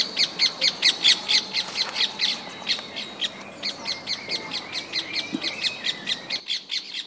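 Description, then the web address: Bird chirping steadily, a long series of sharp high notes evenly spaced, several each second, with faint background hiss. "os passaros"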